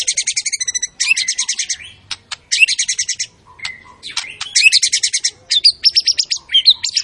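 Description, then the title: White-rumped shama song made of high rapid chattering trills and sharp chips in bursts, with brief whistled notes. Lure recording of an energetic, full-repertoire singing shama, meant to stir up the emotion of other birds. "PANCINGAN MURAI BATU. MURAI GACOR SUPER EDAN SEMUA MATERI DI KELUARIN COCOK BUAT DONGKRAK EMOSI. SHAMA BIRD"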